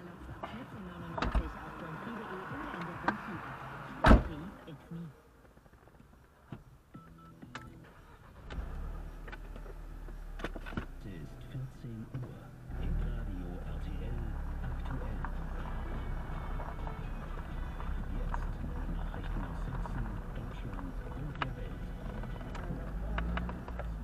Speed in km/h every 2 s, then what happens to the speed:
0, 0, 0, 0, 0, 0, 0, 3, 7, 8, 9, 11.
0-13 standing. 13-24 pulls away to 11.